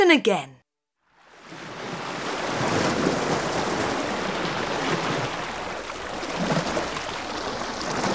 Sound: fx: sea